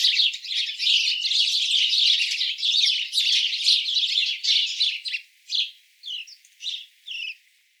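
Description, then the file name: House sparrows chirping in a dense, overlapping chatter that thins near the end into separate short chirps spaced about half a second apart. "Passer domesticus"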